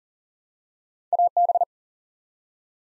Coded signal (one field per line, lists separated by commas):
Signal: Morse code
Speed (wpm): 38 wpm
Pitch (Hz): 700 Hz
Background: none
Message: AB